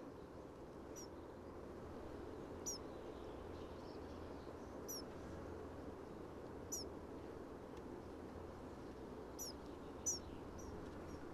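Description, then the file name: Common chaffinch calls: short, high, steeply falling notes given singly or in quick pairs every couple of seconds over a steady low rumble. "Fringilla coelebs"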